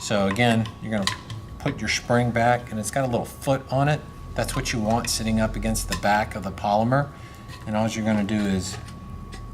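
During reassembly, a recoil spring assembly with a small foot that sits against the back of the polymer is handled and positioned for the bolt carrier and polymer receiver while someone talks. The part has not gone home yet, and nothing has seated or clicked in this clip.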